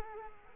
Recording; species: mosquito wingbeat signal from an infrared sensor; Culex quinquefasciatus